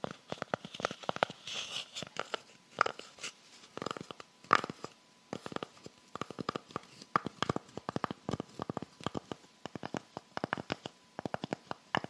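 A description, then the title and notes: Fingernails tap on hard surfaces in quick, uneven bursts, clicks packing tightly at times and then thinning into short pauses. The taps are crisp and bright with a light rattle, changing tone as different surfaces are struck throughout the twelve seconds. ASMR Tapping With Rhinestone Fingers. TAPPING on many different surfaces.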